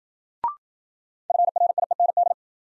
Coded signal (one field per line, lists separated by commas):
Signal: Morse code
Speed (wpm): 52 wpm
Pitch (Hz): 700 Hz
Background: none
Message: FRIEND